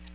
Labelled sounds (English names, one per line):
American Redstart flight call